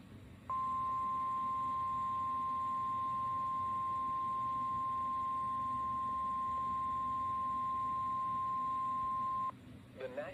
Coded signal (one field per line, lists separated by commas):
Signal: Emergency Alert System (SAME) tones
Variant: 1050 Hz attention tone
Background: speech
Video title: The Most Scuffed Enhanced Risk - EAS Alerts from 5/16/25 || EAS 1,782-1,798